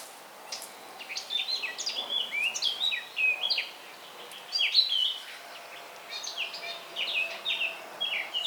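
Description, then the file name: Eurasian blackcap song: bursts of quick, varied warbling notes with sweeping whistles, in phrases separated by short pauses, over light background hiss. "Sylvia atricapilla"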